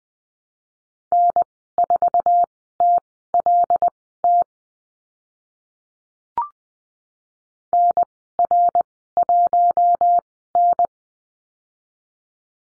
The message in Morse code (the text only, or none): N4TLT NR1N